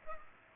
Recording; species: mosquito wingbeat signal from an infrared sensor; Culex pipiens